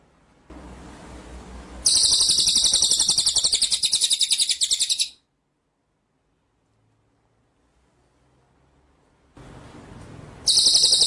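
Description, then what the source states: White-rumped shama song: a three-second high pulsing trill, a long quiet gap, then the same rapid buzzy series starting again. Masteran (training) track of full song in ngerol (rolling) and nembak (shooting) style.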